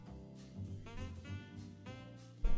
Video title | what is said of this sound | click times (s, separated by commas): 【GUNPLA】Building the RG Zeta slowly . . . | Maybe. Did you feel it click? No, I didn't feel it click. | none